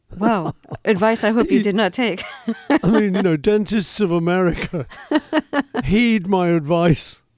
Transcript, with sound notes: Whoa, advice I hope you did not take (laughter)
I mean, you know, dentists of America, heed my advice.